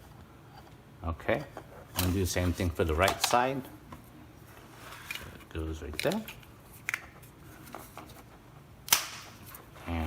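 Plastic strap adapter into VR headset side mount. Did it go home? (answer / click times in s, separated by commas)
yes / 8.9 s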